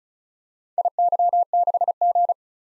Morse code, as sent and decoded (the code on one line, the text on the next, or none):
.. -.-- -.... --.
IY6G